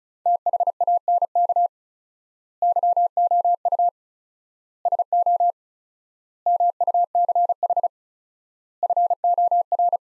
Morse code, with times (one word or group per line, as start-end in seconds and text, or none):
0.3-1.7 THANK
2.6-3.9 YOU
4.9-5.5 SO
6.5-7.9 MUCH
8.8-10.0 FOR